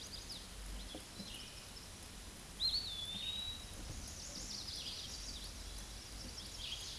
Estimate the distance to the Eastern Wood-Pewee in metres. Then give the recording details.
about 30 m. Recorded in a Pennsylvania forest on 18 May 2023 at 13:33. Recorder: AudioMoth, point grid1_36_low. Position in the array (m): 138 m, 187 m